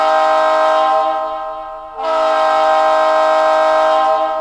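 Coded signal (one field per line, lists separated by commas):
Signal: train horn signal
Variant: diesel air horn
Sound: chord-like air horn held about 2 seconds, brief break, then another long blast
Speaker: short and then you would typically hold the the last blast until you crossed the crossing or entered the roadway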